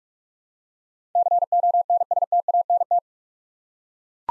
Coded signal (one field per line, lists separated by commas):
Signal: Morse code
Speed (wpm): 42 wpm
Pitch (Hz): 700 Hz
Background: none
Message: CONSTANT